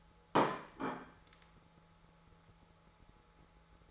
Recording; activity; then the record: daily activity, microphone in the room; place plate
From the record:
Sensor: 3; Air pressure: 1015.0 hPa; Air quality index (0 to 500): 208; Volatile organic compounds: 34 ppm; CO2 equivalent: 3033 ppm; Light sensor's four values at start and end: 26/63/27/29 and 32/76/33/35